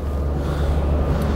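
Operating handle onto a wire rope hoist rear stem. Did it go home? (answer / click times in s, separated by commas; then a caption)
no / none. An operating handle is moved onto the rear stem of a wire rope hoist, aligned with the notch and twisted to lock it so the wire rope can be retracted. Only a steady low rumble and hum with some breathy noise is heard, with no sharp hits. The handle has not seated or locked yet.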